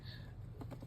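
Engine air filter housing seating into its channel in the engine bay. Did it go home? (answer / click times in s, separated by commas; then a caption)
yes / 0.6 s, 0.7 s. On a 2013 GL350, the second engine air filter cover or housing is pressed into its groove in the engine bay, and it seats. A soft double click comes at 0.6 s and 0.7 s over a steady low hum.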